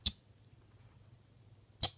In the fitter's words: you can actually hear the uh snap that it's got for opening and closing